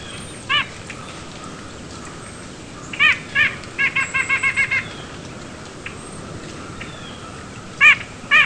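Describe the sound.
White-breasted nuthatch giving nasal, harmonic yank notes: a few scattered single calls, then a quick run of several notes, and a final pair.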